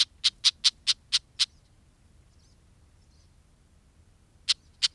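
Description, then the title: Red-backed Shrike calls as a quick burst of seven sharp, dry ticks, then about three seconds of silence before two more ticks. "Viikon luontoääni: Pikkulepinkäinen"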